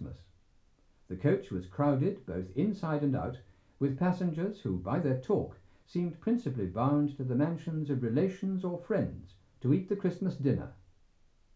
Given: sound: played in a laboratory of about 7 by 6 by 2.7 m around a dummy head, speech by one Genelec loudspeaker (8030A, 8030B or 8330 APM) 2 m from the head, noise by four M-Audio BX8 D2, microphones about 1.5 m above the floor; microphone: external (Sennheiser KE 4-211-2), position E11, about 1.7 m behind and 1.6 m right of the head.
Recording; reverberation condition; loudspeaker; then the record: male speech in English; low; 150 degrees to the right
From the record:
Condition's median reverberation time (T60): about 310 ms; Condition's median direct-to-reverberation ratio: about 3.5 dB